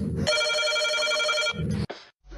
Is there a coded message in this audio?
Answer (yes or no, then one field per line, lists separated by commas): no